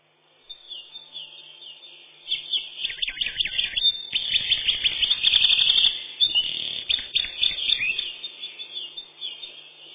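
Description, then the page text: Eurasian wren song: a loud, fast cascade of high chattering notes and rattling trills that builds, peaks midway and then fades into softer twitters. "Крапивник, или подкоренник, орешек (лат. Troglodytes troglodytes)"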